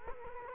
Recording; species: mosquito wingbeat signal from an infrared sensor; Culex quinquefasciatus